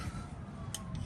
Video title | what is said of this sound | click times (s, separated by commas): LS ProJect ShawtBed C10 ??? 🤔 | Tighten that up, plug this in. Hear that snap? | 0.8 s